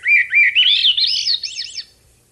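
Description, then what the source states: Swainson's Thrush song, a single phrase of fluty notes spiraling upward, lasting about two seconds. One of three phrases excerpted from a longer recording, each slightly different, showing individual variation.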